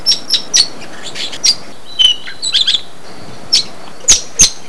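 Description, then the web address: Bird chirps: scattered sharp high notes and brief twittering bursts, irregularly spaced over about five seconds, above a steady low hiss. "特酷声音素材库 动物 鸟 Bird"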